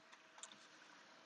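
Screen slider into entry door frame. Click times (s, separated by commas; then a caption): 0.4 s. The screen slider on the entry door of a 2020 Serenity 24C RV is pushed along its frame until it snaps into place at 0.4 s with a sharp click, followed by a softer tick just after. The slider is seated, closing off the door screen to keep bugs out.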